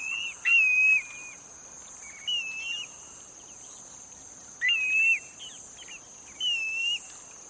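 Bird giving clear whistled phrases, level and wavering, some opened by a sharp upstroke, in four bursts over seven seconds; steady high buzz behind.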